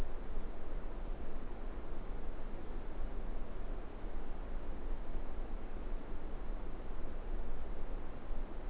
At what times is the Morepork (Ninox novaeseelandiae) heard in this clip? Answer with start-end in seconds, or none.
none